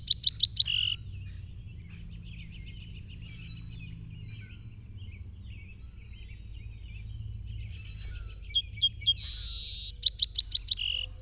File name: Song Sparrow